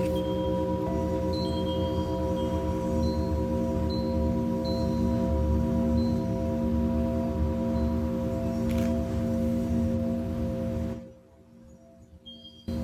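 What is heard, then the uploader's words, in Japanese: A singing bowl hums in a sustained, layered drone, its low and middle tones steady and slowly wavering for about eleven seconds. Faint high pings flicker above it now and then. Near the end the sound drops away sharply, leaving near-silence with a faint return. シンギングボウルのサウンドヒーリング。チベタンシンギングボウル。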